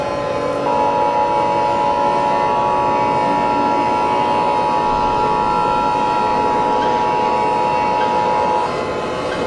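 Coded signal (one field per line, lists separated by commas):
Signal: Emergency Alert System (SAME) tones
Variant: 853 and 960 Hz attention tone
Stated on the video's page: Fictional EAS scenario, simulated alert.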